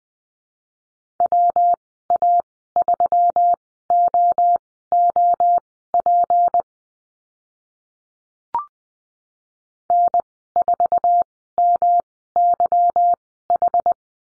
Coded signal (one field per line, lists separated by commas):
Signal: Morse code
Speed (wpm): 20 wpm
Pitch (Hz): 700 Hz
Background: none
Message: WA3OOP N4MYH